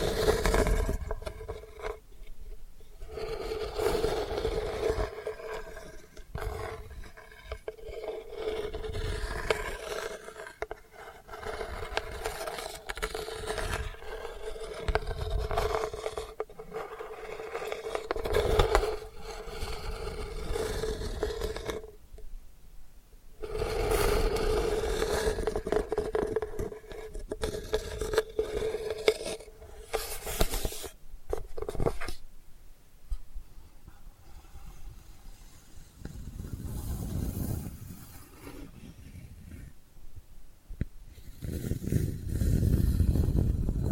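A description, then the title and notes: Delicate scratching, busy and uneven, with a faint steady tone held underneath through the first half. Brief pauses break it near 3, 22 and 31 seconds. After that the scratching thins into softer, sparser strokes, and a low rumble swells at the end. ASMR Delicate Scratching for Sleep (No Talking).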